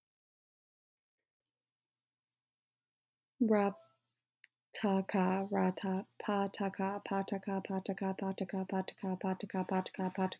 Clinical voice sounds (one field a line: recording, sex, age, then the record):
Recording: repeated syllables /pa ta ka/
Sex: female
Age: 20 to 29 years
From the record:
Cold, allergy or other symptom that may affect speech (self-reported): no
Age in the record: 28 years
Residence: Florida, United States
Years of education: 17